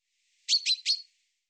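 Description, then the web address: Common chaffinch producing a single quick triple of harsh, buzzy high notes, with silence around it. "Deverinetal 2025 File cleaned normalized Bird Fr Co"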